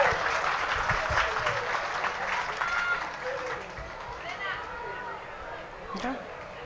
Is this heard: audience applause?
yes